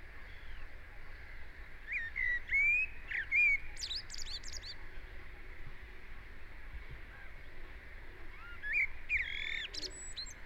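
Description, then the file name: Common blackbird song: two phrases of mellow whistled notes, each closing with high squeaky twitters, separated by several seconds of background noise. "Turdus merula"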